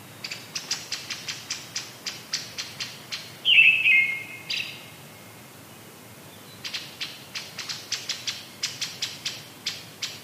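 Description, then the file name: Brown-headed thrush song: steady series of rapid ticking notes around a single short, falling warbled phrase in the middle. "akahara"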